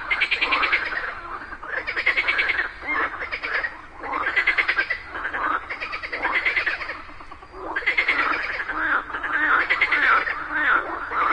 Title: Just after it rained during the day, a group of frogs happily cooperated perfectly, creating a symphony of nature.